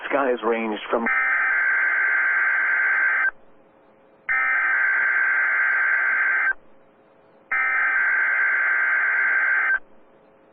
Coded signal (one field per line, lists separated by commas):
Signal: Emergency Alert System (SAME) tones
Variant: header bursts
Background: speech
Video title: EAS (Live Voice!) Required Weekly Test Central Iowa/Far Southern Minnesota NOAA Weather Radio